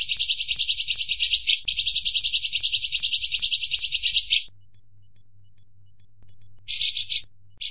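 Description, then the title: Van Hasselt's sunbird with two long, high, rapid buzzy trills, then near silence with faint ticks and two short trilled bursts. Song meant as a master track for training caged birds; described as melodious, clear and loud. "Suara Kolibri Ninja MERDU, JELAS DAN LANTANG"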